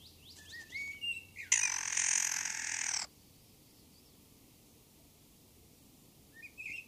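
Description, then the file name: Spotted nutcracker uttering one loud, drawn-out grating rasp lasting about a second and a half, with faint thin chirps from other birds before and after. "Nocciolaia"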